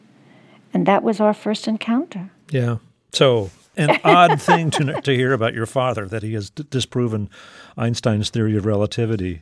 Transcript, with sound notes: And that was our first encounter.
Yeah. So...
(Laughter).
...An odd thing to hear about your father, that he has disproven Einstein's theory of relativity.